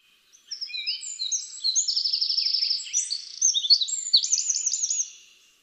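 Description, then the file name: Eurasian wren delivering one complete song of about five seconds, a hurried stream of high whistles, rattling trills and sharp chips. "Troglodytes troglodytes"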